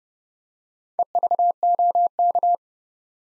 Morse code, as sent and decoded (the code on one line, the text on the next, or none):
. ...- --- -.-
EVOK